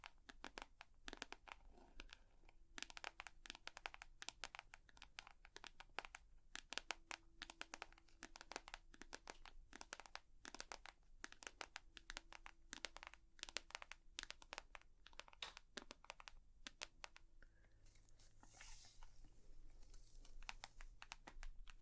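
Tapping goes on almost throughout, a dense, irregular run of sharp, crisp clicks and taps in quick clusters. A faint steady tone hums underneath at times, and near the end the tapping thins while a brief hiss-like rustle rises around 19 seconds.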